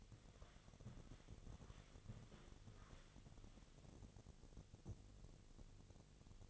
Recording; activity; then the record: daily activity, microphone in the room; walk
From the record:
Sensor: 4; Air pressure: 1001.3 hPa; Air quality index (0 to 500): 177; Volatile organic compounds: 2 ppm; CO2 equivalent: 1270 ppm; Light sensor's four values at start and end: 14/32/13/13 and 14/33/13/13